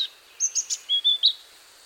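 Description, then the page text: Hainan blue flycatcher song: a short run of high, thin whistled notes, some steady and some slurred, over faint background hiss. "Antero Lindholm - Хайнаньская голубая мухоловка-циорнис (Cyornis hainanus)"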